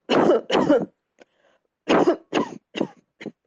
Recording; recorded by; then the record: voluntary cough; messaging app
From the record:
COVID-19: negative